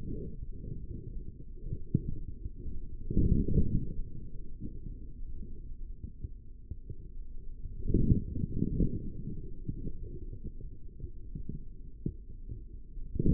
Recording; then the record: forearm muscle sounds (acoustic myography)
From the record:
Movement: forearm supination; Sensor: system 3, bracelet of six PUI Audio POM-2738L microphones around the upper forearm, with dedicated amplification and filtering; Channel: 5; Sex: male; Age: 43 years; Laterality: right